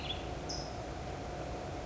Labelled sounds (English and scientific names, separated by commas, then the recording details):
California Towhee (Melozone crissalis)
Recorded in Sonoma County, California